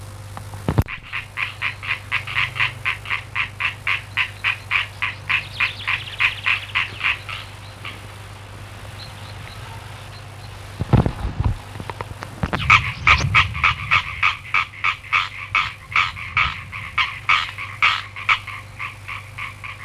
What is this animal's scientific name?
Hyla arborea